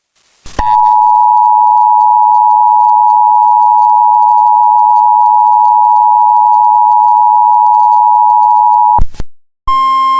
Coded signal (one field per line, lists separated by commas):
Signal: Emergency Alert System (SAME) tones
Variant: 853 and 960 Hz attention tone